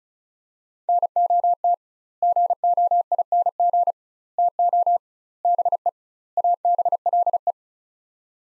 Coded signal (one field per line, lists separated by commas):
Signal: Morse code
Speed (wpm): 36 wpm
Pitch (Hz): 700 Hz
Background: none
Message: NOT GOING TO BE ABLE